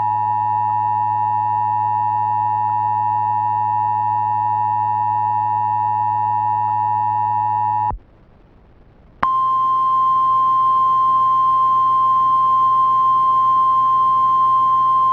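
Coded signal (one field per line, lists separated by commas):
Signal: Emergency Alert System (SAME) tones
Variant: 853 and 960 Hz attention tone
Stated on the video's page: Mock hazardous materials watch alert, a remake of an earlier mock.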